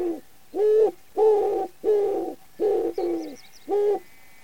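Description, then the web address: Common wood pigeon cooing, a series of deep, soft coos, some longer and drawn out, with a short run of faint high chirps later on. "cianscape. Deverinetal"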